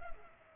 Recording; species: mosquito wingbeat signal from an infrared sensor; Culex pipiens